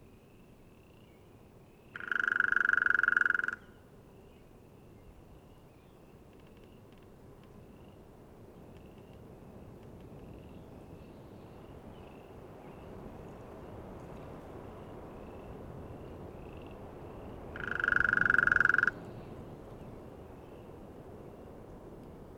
Hairy Woodpecker drum recorded at the Beaver Ponds in Rocky Mountain National Park.